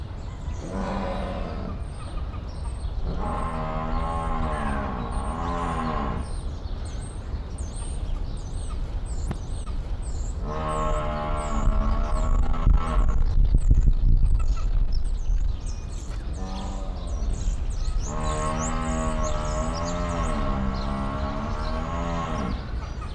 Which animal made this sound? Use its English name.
Water Buffalo